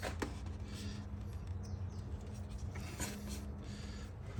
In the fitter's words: Didn't hear anything click. Let me try again.